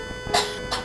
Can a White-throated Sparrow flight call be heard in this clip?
no